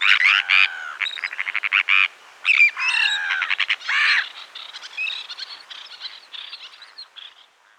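Sandwich tern calls: harsh grating kirrick notes in quick overlapping bursts, loud at first then thinning into scattered fainter calls.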